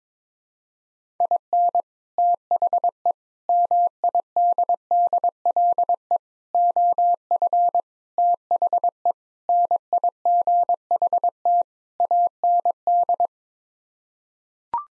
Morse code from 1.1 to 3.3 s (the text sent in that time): IN THE